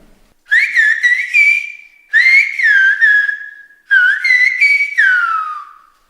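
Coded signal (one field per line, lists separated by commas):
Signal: whistled language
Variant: Silbo Gomero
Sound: three phrases of a loud gliding whistle rising and falling around 2 kHz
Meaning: Get up and close the window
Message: Levántate y cierra la ventana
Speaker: dile Levántate y cierra la ventana bien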